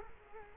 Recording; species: mosquito wingbeat signal from an infrared sensor; Culex quinquefasciatus